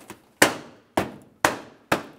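On a 2009-2019 Ford Flex, the plastic bumper cover edge is pressed into the fender retainer. A faint tick at 0.1 s is followed by four loud, sharp snapping hits at about 0.4, 1.0, 1.5 and 1.9 s, each with a short fading tail. The bumper cover clip snaps into the fender and seats with a click at 1.5 s.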